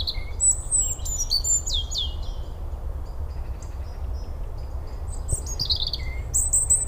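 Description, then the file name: European robin giving bright, high warbled phrases with quick descending slurs, a pause midway, then another sparkling burst near the end, above constant low background rumble. "Erithacus rubecula"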